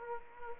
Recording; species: mosquito wingbeat signal from an infrared sensor; Aedes aegypti